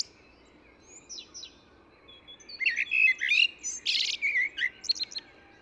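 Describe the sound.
Eurasian blackbird song, mostly quiet at first, then a burst of squeaky, scratchy twittering notes and high chirps in the second half, with steady low hum beneath.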